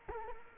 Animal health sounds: mosquito wingbeat signal from an infrared sensor; Culex quinquefasciatus

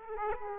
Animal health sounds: mosquito wingbeat signal from an infrared sensor; Aedes aegypti

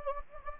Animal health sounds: mosquito wingbeat signal from an infrared sensor; Anopheles gambiae

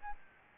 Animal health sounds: mosquito wingbeat signal from an infrared sensor; Aedes albopictus

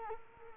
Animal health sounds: mosquito wingbeat signal from an infrared sensor; Culex quinquefasciatus

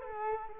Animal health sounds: mosquito wingbeat signal from an infrared sensor; Culex quinquefasciatus

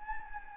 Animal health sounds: mosquito wingbeat signal from an infrared sensor; Anopheles gambiae

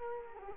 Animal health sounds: mosquito wingbeat signal from an infrared sensor; Culex quinquefasciatus

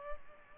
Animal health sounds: mosquito wingbeat signal from an infrared sensor; Culex pipiens

